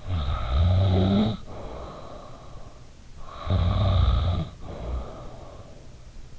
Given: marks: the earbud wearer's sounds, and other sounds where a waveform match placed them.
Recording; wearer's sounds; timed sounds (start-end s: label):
sounds in sleep by an in-ear microphone; snoring breath
0.01-3.04 s: snoring breath
3.26-6.17 s: snoring breath